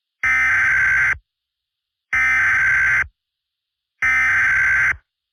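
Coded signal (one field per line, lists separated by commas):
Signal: Emergency Alert System (SAME) tones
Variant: header bursts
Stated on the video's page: Fictional EAS scenario remake about a blizzard; simulated alert.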